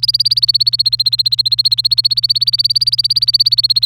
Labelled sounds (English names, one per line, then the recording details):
Domestic Canary song
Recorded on 27 April 2018 at 06:43
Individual llb3